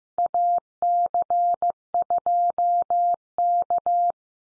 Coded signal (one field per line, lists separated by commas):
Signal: Morse code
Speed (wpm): 15 wpm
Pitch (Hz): 700 Hz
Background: none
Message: AC2K